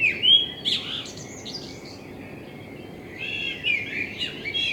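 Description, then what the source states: Common blackbird song: a clear whistled phrase with a scratchy flourish, a short pause, then another warbling phrase. Binaural dummy-head recording made with a self-built dummy head, in front of the recordist's window, meant for listening on headphones.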